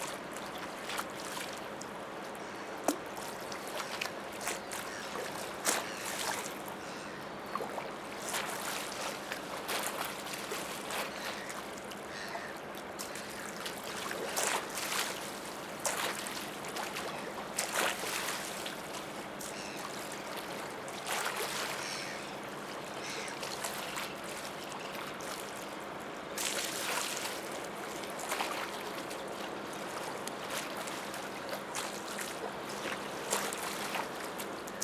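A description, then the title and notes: At the Lieutenant Schmidt Embankment, a steady low engine-like hum with a faint tone runs throughout, under a constant wash of lapping water. Short bright splashes and clicks break through irregularly, every second or two, with clusters around 15–18 and 26–28 seconds. Lieutenant Schmidt Embankment. Petersburg, Russia.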